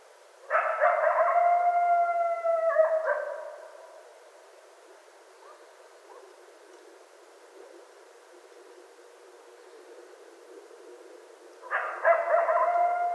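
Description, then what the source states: Coyote howls, a long steady harmonic note held about two and a half seconds and dropping at the end, then silence before another howl begins near the close. Coyotes, recorded 25 January 2013.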